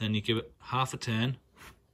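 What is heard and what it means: A Pulsar Krypton thermal add-on unit is being fitted into the recessed bayonet adapter on a scope, dropped in and turned anti-clockwise a half turn to lock. Someone talks throughout, with only faint handling noise beneath. The unit has not locked or clicked into place yet.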